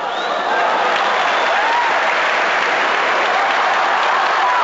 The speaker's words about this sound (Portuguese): E os portugueses respondiam com assobios. Substituídos por palmas, quando Portugal recuperava a bola.